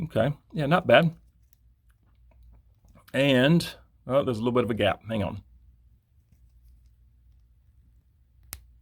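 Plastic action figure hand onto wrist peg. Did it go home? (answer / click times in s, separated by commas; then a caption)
yes / 8.5 s. A swappable plastic hand is pushed fully onto an action figure's wrist peg to close a small gap. Someone talks, and after a quiet pause a sharp snap at 8.5 s shows the hand is fully seated.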